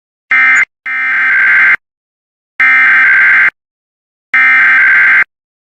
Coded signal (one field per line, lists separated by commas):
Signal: Emergency Alert System (SAME) tones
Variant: header bursts